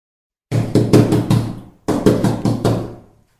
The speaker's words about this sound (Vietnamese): Mắt điếc tai ngơ với tiếng đập cửa truyền đến gấp ngoài cửa phòng.